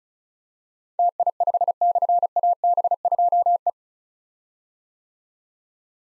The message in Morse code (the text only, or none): TI5/AB2E